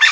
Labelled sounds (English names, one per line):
Brown-throated Parakeet contact call